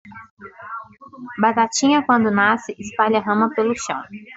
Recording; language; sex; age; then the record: short text; Brazilian Portuguese; female; 20 to 29 years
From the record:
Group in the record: control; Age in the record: 25 years